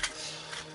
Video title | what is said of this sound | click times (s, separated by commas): Comment changer le lecteur/graveur cd dvd de son pc portable | Et donc pour insérer le trombone dans le trou, et ça vous déclipse | 0.0 s